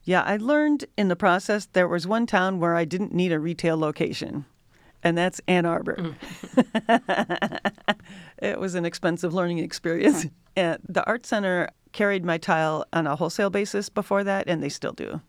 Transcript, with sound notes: Yeah, I learned in the process there was one town where I didn't need a retail location, and that's Ann Arbor [LAUGHTER] It was an expensive learning experience. The Art Center carried my tile on a wholesale basis before that, and they still do.